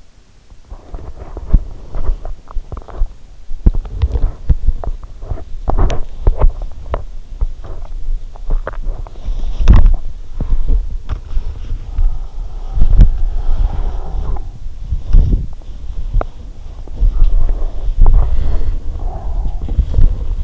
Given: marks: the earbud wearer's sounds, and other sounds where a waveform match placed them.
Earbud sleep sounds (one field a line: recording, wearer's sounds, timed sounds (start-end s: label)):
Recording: sounds in sleep by an in-ear microphone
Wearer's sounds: body movement, breath, teeth grinding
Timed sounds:
0.61-20.44 s: body movement
11.84-14.47 s: breath
15.99-16.55 s: teeth grinding
17.10-19.68 s: breath